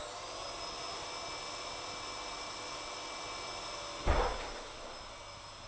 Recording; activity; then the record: daily activity, microphone in the room; vacuum cleaning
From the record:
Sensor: 5